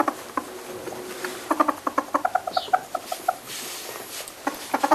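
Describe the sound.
European polecat making a rapid series of clucking pulses, with one thin high squeak partway through.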